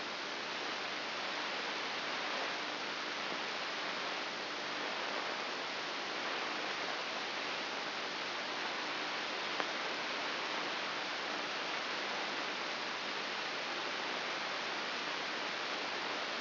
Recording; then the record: brain microelectrode recording played as sound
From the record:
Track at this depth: inside the subthalamic nucleus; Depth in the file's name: 6.001 mm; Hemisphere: right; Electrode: 2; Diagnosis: Parkinson's disease